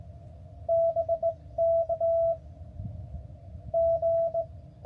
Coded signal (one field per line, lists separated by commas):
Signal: Morse code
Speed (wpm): 16 wpm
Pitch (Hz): 650 Hz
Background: none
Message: BK G